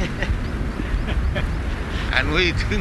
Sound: laughter

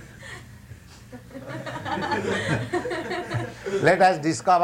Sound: laughter

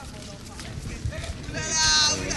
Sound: some French youths in background making mocking sounds, yelling, etc

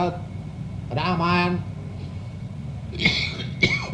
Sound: coughs

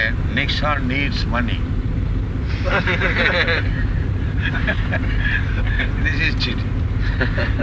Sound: laughter

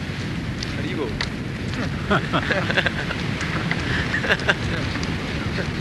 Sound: laughter

